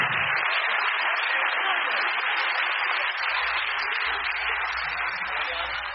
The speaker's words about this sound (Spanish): Dele un aplauso al Señor Jesucristo.